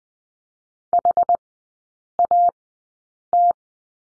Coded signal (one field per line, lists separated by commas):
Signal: Morse code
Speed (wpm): 19 wpm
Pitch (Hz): 700 Hz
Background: none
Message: HAT